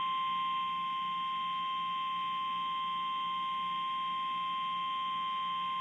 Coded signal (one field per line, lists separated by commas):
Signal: Emergency Alert System (SAME) tones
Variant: 1050 Hz attention tone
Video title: [EAS #13] VDS Severe Thunderstorm Warning (KIH61)